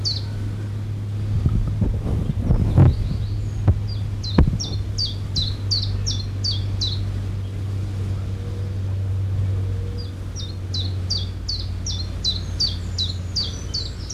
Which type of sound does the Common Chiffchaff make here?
song